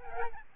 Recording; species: mosquito wingbeat signal from an infrared sensor; Aedes albopictus